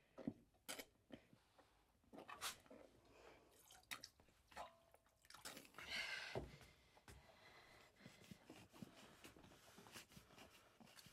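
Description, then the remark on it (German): Water drips and splatters onto a table in an irregular patter of sharp little taps, with a louder, fizzing splash partway through and no voices. “Das Wasser läuft raus auf den Tisch.”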